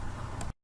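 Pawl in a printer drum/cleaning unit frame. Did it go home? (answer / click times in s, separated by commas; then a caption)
yes / 0.4 s. A pawl is slid up a small ramp on a printer drum/cleaning unit frame and pushed in, against a steady broadband noise. A short, sharp click at 0.4 s marks the pawl seating into place, and the sound cuts off shortly after 0.5 s.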